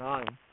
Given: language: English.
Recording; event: throat vibration sensor signal played as sound; speech